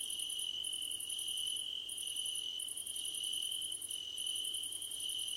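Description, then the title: Crickets calling together, one steady trill below and trains of rapid high-pitched pulses that cut out briefly several times before continuing. Crickets chirping at night under a starlit sky. "Nighttime Ambience with Crickets"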